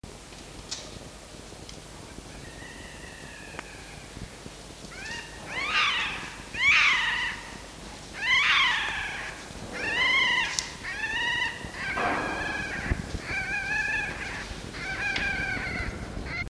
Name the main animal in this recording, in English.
Red Fox